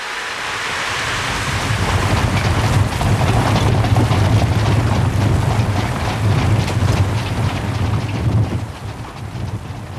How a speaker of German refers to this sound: Schwerer Regen in wildem Wind und winterliche Dämmerung. Nichts als die zerrissenen und wehenden Laken des Regens und der zerrende, heulende Wind.